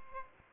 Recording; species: mosquito wingbeat signal from an infrared sensor; Aedes albopictus